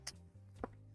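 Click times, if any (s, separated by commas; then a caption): 0.1 s. A 3D-printed PLA part is pressed into the body of a model RC car until its jagged edge locks it in place. A sharp, bright click is heard at 0.1 s, followed by a softer, lower knock at 0.6 s over a steady low hum. The part seats and is held in place.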